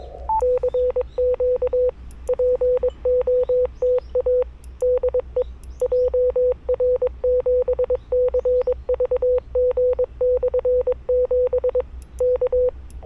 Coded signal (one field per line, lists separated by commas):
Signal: Morse code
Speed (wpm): 22 wpm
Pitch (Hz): 500 Hz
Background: none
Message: CQ POTA DE JR7CVG/7 K